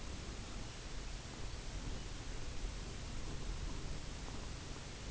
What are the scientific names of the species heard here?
none